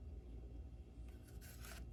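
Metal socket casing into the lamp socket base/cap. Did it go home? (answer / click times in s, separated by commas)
no / none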